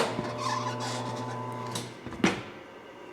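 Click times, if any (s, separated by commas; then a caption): 1.8 s. A tire machine's mounting head works the last section of a tire bead, near the valve stem, over the flange of an alloy wheel rim, with a steady humming drone running underneath. The bead pops onto the rim at 1.8 s, seating it. The hum then fades out, and a brief louder knock follows around 2.2 s.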